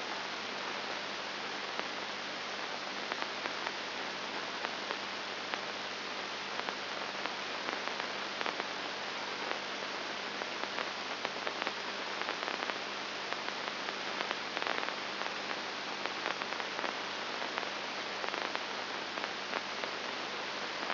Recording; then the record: brain microelectrode recording played as sound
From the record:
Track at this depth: inside the subthalamic nucleus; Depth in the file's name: 1.106 mm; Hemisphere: left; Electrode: 2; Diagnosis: Parkinson's disease